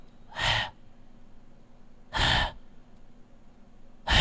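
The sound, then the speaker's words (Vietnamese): A voice imitates irregular gasping breaths, not even like normal breathing: three sharp, breathy intakes separated by pauses of nearly two seconds, each rough and brief, with no talking in between. “Không, thỉnh thoảng nó thở cứ... Nó không phải thở đều như người bình thường mình đâu các ông.”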